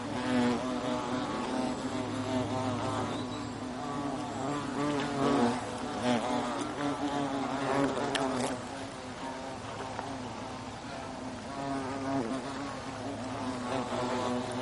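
European hornet buzzing, a sustained low hum with wavering harmonics throughout, louder in the first half and softer afterwards, with faint clicks.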